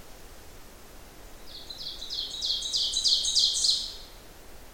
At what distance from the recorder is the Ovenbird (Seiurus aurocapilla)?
about 20 m